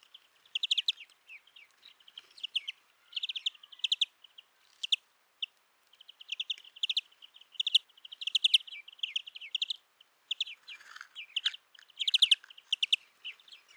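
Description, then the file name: European greenfinch giving a long run of rapid twittering chirps in quick bursts, with brief pauses between bursts and little other sound. "Chloris chloris"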